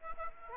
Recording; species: mosquito wingbeat signal from an infrared sensor; Aedes aegypti